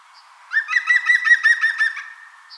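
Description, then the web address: European green woodpecker giving its laughing song: a brisk series of clear notes over about one and a half seconds. "vogelstimmen nabu gesang-gruenspecht"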